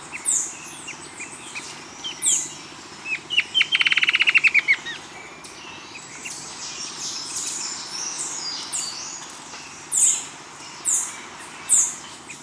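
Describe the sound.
Bird calls: high, sharp chirps from several birds, with a fast buzzy rattle around four seconds, over low background hiss.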